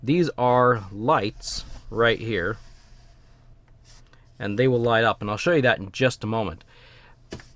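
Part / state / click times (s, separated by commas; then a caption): plastic part pushed back into an action-figure helicopter toy / seated / 7.3 s, 7.4 s. Someone talks about the lights on a Fortnite Blaze with Choppa 2021 helicopter toy, a 4-inch action figure set from Jazwares. A plastic part near the light section is then pushed back in and snaps into place with two quick clicks at 7.3 and 7.4 seconds, and the part is seated.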